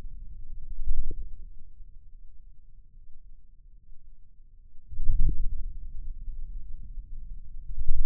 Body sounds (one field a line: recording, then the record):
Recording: forearm muscle sounds (acoustic myography)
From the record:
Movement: wrist flexion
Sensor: system 2, bracelet of six BSWA MPA416 microphones around the upper forearm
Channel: 6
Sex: male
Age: 22 years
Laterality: right